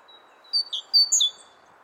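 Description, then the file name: Great tit giving a short run of high, thin whistled notes, four quick sweeps over low steady hiss. "Parus major"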